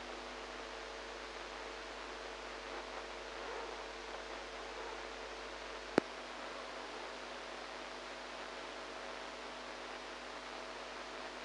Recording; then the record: brain microelectrode recording played as sound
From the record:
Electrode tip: inside the subthalamic nucleus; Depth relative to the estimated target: -3 mm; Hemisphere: right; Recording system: NeuroSet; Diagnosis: Parkinson's disease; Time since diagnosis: 8 years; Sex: female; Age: 45 years